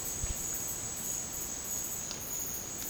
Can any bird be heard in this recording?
no